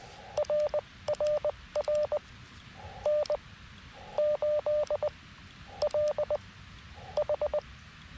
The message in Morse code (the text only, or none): RRR N8LH